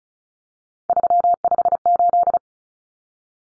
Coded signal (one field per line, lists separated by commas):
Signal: Morse code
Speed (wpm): 34 wpm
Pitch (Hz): 700 Hz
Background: none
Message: 358